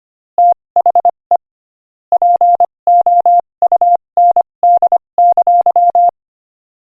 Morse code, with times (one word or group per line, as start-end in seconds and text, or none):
0.4-1.4 THE
2.1-6.1 POUND!